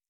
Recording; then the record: hydrophone in a shrimp aquaculture tank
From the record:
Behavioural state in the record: stressed